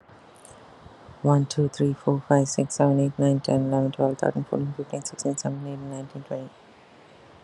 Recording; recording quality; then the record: counting at a fast pace; excellent, no background noise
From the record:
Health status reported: healthy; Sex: female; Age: 47 years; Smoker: no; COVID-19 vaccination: both doses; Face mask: not worn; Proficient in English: yes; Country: India